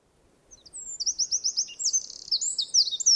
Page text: Звук Крапивника, Подкоренника (Troglodytes troglodytes). Sound Pack. Птицы России